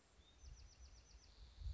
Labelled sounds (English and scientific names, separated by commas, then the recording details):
Bewick's Wren (Thryomanes bewickii)
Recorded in Sonoma County, California